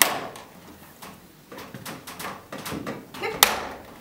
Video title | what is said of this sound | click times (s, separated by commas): How to install your Mosquinet with transoms | net at the top has two clips you want to hear a clicking noise and we're | 0.0 s, 3.4 s